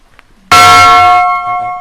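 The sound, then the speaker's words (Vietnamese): A bell is struck once, ringing out loud with a bright, sustained metallic tone and steady overtones that slowly fade, preceded by a moment of near silence. “Mình rung thử coi cái chu nào nó kêu không là...”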